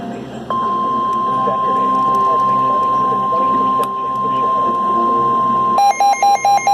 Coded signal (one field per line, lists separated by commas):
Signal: Emergency Alert System (SAME) tones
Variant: 1050 Hz attention tone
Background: speech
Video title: Celebrating 200 EAS Alerts! Going through all the past 200 EAS Alerts EAS #201-223 Part 4 of 4